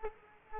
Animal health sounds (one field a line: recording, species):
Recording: mosquito wingbeat signal from an infrared sensor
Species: Culex quinquefasciatus